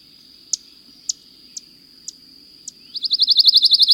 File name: pine warbler